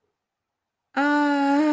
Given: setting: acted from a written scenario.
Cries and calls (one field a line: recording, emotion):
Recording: vocal sound without words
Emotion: romantic love